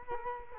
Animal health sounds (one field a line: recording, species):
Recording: mosquito wingbeat signal from an infrared sensor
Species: Culex quinquefasciatus